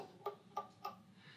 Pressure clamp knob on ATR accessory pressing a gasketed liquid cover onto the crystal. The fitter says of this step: and again you should be able to hear it click as I rotate this